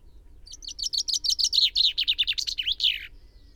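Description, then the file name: Common chaffinch delivering a single tumbling song: a run of clipped notes dropping in pitch before a closing flourish. "Fringilla coelebs"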